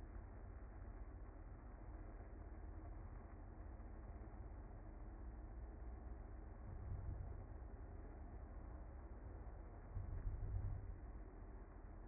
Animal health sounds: honeybee colony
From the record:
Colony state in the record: active

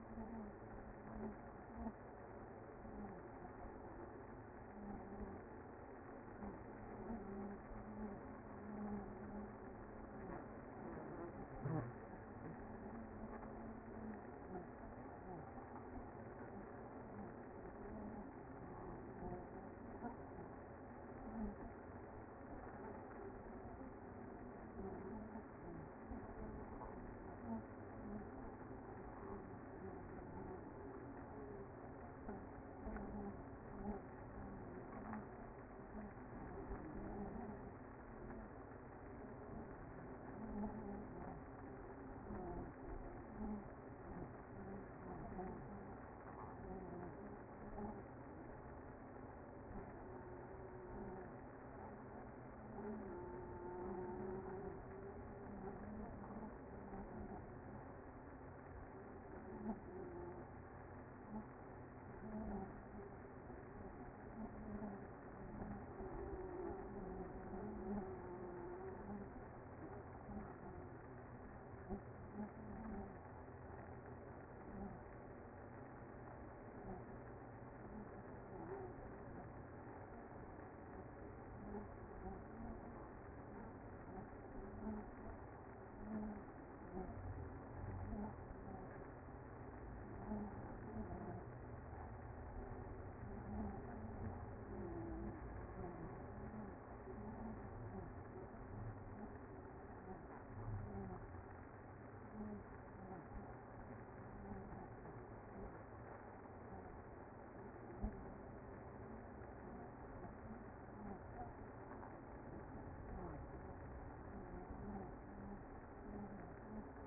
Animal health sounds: honeybee colony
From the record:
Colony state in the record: active

